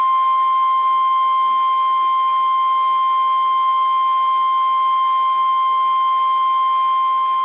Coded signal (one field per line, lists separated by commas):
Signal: Emergency Alert System (SAME) tones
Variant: 1050 Hz attention tone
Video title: Severe Thunderstorm Warning {EAS #69}